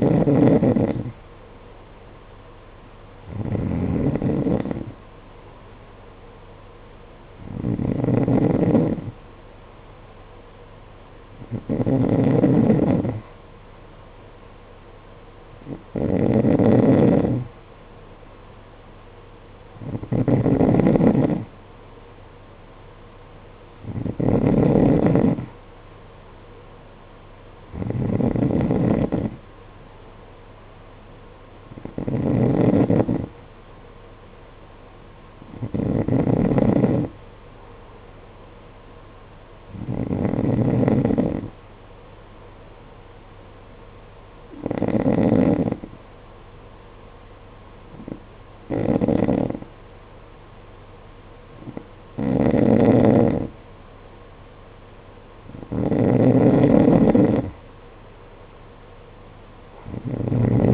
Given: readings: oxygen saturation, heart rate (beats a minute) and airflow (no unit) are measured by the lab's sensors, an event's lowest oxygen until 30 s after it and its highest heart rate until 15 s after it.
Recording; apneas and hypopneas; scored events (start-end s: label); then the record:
breathing in sleep by a voice recorder at the bedside; none
none scored
From the record:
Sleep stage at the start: N3 (deep sleep); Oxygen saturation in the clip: 92 to 93%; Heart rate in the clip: 51 to 57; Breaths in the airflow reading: 15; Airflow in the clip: -8.1 to 8.2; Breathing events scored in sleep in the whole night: 476 in 9.7 hours asleep